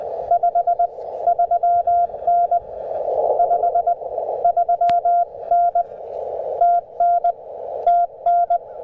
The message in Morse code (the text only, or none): 53N 53N TN TN